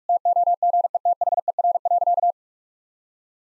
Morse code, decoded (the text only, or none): TOGETHER.